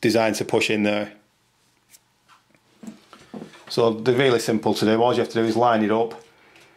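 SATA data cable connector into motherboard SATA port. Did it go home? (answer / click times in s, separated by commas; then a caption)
no / none. A SATA data cable's angled connector is lined up with a motherboard SATA port while someone talks, with a few faint handling ticks in the pause between speech. Nothing has seated or clicked yet.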